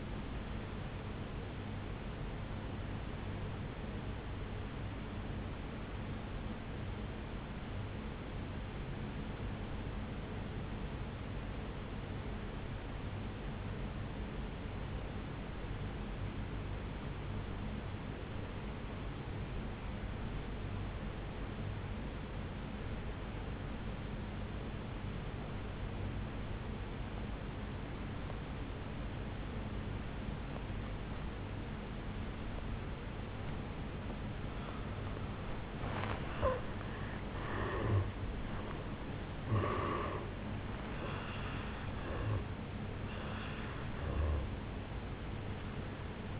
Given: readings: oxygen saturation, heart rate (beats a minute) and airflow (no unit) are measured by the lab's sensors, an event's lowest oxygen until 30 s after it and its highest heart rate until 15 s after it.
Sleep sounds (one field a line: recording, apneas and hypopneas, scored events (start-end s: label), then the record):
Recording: breathing in sleep by a voice recorder at the bedside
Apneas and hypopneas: 1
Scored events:
5.00-36.10 s: obstructive apnea (N2, oxygen 97% highest, then 83% lowest, heart rate 55 at the start, 76 highest)
30.00-46.40 s: new sleep stage, N1 (lightest sleep)
From the record:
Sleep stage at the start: N2 (light sleep)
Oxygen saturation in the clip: 82 to 97%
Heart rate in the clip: 55 to 76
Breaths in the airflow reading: 4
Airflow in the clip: -13.2 to 7.6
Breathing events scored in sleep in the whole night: 449 in 7.0 hours asleep